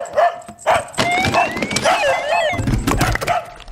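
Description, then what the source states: Dog barking in several short bursts, mixed with electronic beeping. Dog bark recorded together with electronic beeping.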